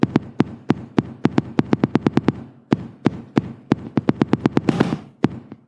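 Imitated heart rhythm, tapped or vocal percussion: atrial fibrillation with rapid ventricular response, a tachyarrhythmia arising when the AV node has a problem. The ventricles suddenly beat far too fast and irregularly, a haemodynamic problem in which blood can no longer flow well through the body.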